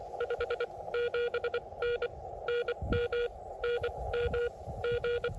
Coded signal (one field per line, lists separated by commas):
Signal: Morse code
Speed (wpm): 25 wpm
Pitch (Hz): 480 Hz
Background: none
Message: 57N NM NMG